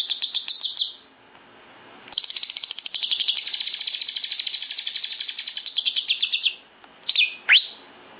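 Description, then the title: Lovebird song: long runs of rapid, buzzy chattering notes at high pitch, with a short pause near two seconds and sharp squeaky chirps near the end. National champion lovebird; song described as 'full isian gacor'. "Burung Lovebird Juara Nasional Full Isian Gacor"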